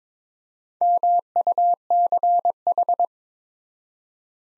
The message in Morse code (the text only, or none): MUCH